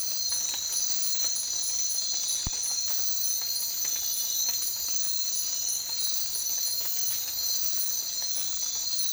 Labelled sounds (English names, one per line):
none